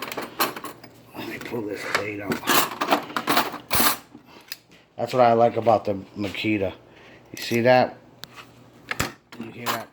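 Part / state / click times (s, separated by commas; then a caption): blade-release lever on an oscillating multi-tool / released / 8.2 s, 8.9 s. Someone talks while turning the blade-release lever on a Makita oscillating multi-tool, with several short, sharp sounds throughout. The lever clicks into its open position at 8.2 s and 8.9 s and stays open, so the steel blade can be pulled out.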